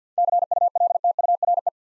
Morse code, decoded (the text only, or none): CULTURE